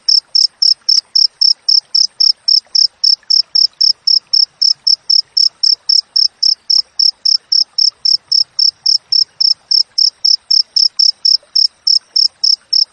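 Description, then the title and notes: Cricket producing a long run of short, piercing chirps at a brisk steady pace of nearly four per second. Wild cricket sound with clear, closely spaced chirps, for training songbirds and for repelling rats. "Masteran Jangkrik Alam Jernih, Jeda Rapat Cocok Untuk Masteran Burung Dan Mengusir Tikus. suara jangkrik"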